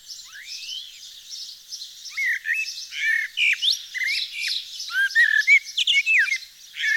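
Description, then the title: Eurasian blackbird singing short fluty warbled phrases with quick upslurs and squeaky notes, over a steady background chorus of other small birds twittering. Nord, France. "Sylvain Jaskowiak - Mes piafs. Merle noir dans le Nord"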